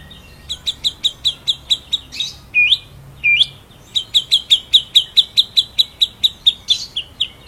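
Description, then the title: White-rumped shama song: evenly repeated sharp chip notes, interrupted by two rising whistles, then the steady chipping resumes. Masteran recording used to train songbirds; full rolling ('ngerol') song in 'nembak' style. "Masteran Murai Batu Full Ngerol Nembak"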